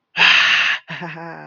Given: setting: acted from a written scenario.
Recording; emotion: vocal sound without words; elation